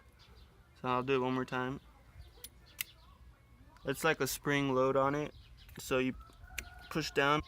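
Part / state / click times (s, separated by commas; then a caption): headlight bulb into headlight assembly socket / seated / 2.8 s. A headlight bulb on the driver's side of a 2001 Acura TL is pushed down against its spring and turned to the right to lock it into the headlight assembly socket. Someone talks before and after, with sharp clicks between, and the bulb twist-locks into place with a click at 2.8 s.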